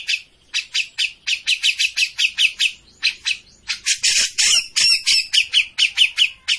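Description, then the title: Grey-cheeked bulbul song of rhythmic, repeated harsh notes, several per second, with a denser scratchy burst midway. Bird-training master of a bird in full, energetic song (gacor). "Cucak Jenggot Gacor. Masteran burung cucak jenggot ! Suaka burung"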